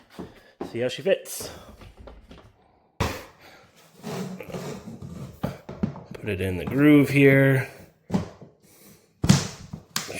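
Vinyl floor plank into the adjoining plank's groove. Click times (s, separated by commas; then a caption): 10.0 s. A vinyl click-lock floor plank is set into the groove of the adjoining plank and pressed down while someone talks and brief music plays. Several soft knocks and thuds lead up to a sharp click at 9.9 seconds as the joint locks and the plank seats.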